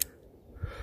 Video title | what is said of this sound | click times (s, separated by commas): ✔LEATHERMAN SURGE Review | dann einrastet man | 0.0 s